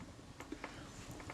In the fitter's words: you can hear them click into place